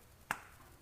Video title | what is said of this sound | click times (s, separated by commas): Building A Budget Beast - Episode 9 - Part III - Turbo System Installation | you should hear a very satisfying click just | 0.3 s